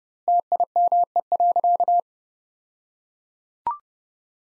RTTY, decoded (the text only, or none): none